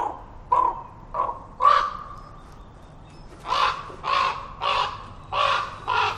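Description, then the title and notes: Common Raven calls, three tonal croaks followed by a run of five harsher, noisier caws at an even pace. Raven calling from trees in forest at Totem Park, moving from tree to tree; about 9:30am; overcast with light rain, breezy from southeast; falling tide. "A raven calling in the forest reminded me of a time I was walking through the park with visiting Australians"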